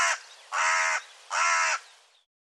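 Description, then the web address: Bird calling with coarse, cawing notes: the tail of one call, then two full half-second rasping caws in steady rhythm, fading to quiet afterward. Call labelled "Co Co Co Co". "cianscape birddata Deverinetal"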